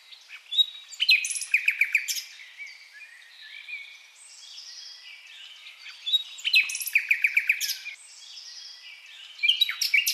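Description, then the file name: Common nightingale song with several loud bursts of dense, sharp, stuttering notes and softer sliding whistles between them. "Luscinia megarhynchos"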